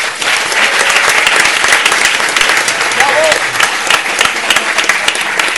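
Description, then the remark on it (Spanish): Sustained audience applause for a man being introduced, a dense steady wash of many hands clapping at a constant loud level for several seconds, with faint crowd murmur mixed in. “Un aplauso para él.”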